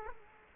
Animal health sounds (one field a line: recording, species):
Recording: mosquito wingbeat signal from an infrared sensor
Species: Culex quinquefasciatus